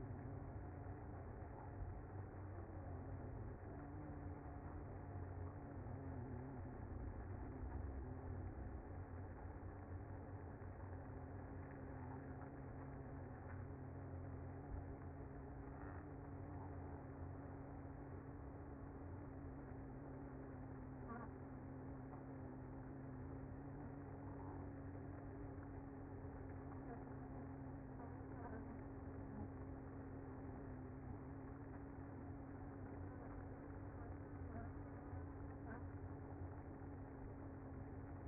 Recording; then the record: honeybee colony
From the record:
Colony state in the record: active